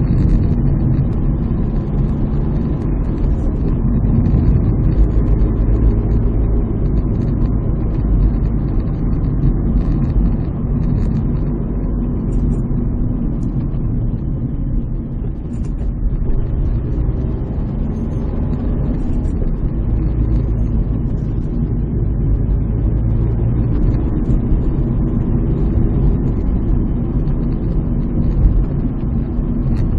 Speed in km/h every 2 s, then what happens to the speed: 52, 56, 59, 58, 55, 51, 45, 31, 31, 39, 38, 36, 46, 49, 49.
0-4 speeds up to 59. 4-14 slows to 31. 16-18 speeds up to 39. 22-25 speeds up to 49.